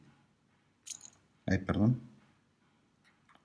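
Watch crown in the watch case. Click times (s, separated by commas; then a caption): 0.9 s, 1.0 s. The metal crown of a Citizen EcoSphere Chronograph CA4184-81E wristwatch is pulled out of the watch case through its two detent positions to set the time, clicking at 0.9 s and 1.1 s. Someone talks, and the crown clicks out to its time-setting position.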